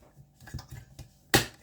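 A plastic palm piece for a build-up Infinity Gauntlet model kit is lined up over three sockets on the gauntlet frame and pressed down. After a few faint scrapes and taps, it clicks into place with a sharp, loud snap at 1.3 seconds. The piece seats snugly.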